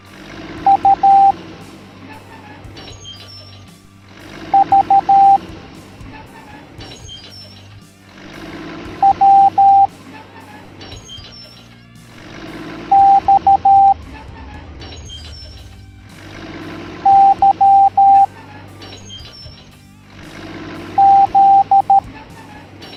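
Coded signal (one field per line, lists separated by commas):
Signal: Morse code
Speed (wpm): 13 wpm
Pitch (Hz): 790 Hz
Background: music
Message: U V W X Y Z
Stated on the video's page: Cartoon lesson teaching the Morse code alphabet to kids.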